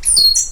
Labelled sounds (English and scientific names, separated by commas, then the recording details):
Stitchbird (Notiomystis cincta) song
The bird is a male
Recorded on Tiritiri Matangi Island, New Zealand, in 2005
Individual 12, of nest box 16